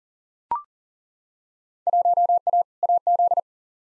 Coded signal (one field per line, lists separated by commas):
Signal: Morse code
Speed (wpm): 40 wpm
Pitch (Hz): 700 Hz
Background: none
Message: 1A AZ